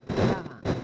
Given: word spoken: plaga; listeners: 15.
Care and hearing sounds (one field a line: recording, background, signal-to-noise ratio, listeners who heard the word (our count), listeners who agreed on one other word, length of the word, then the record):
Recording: one Spanish word in noise, from a listening test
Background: noise modulated by one talker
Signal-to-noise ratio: -9.8 dB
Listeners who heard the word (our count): 1 of 15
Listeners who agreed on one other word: 7 of 15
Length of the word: 0.44 s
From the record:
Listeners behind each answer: 7, 2, 1, 1, 1, 1, 1, 1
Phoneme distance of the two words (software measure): 7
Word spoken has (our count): 2 syllables, 5 phonemes, stress on syllable 1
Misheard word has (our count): 2 syllables, 4 phonemes, stress on syllable 1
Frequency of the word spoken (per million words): 4.92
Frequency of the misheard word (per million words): 19.86